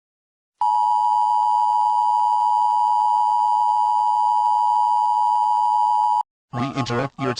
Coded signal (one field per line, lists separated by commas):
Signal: Emergency Alert System (SAME) tones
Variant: 853 and 960 Hz attention tone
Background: speech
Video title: Doom EAS alert